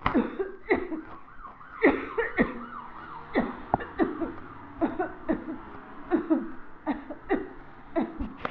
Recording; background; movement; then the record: voluntary coughing; traffic; walking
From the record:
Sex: female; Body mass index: 21.8 kg/m2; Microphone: on the chest, facing the body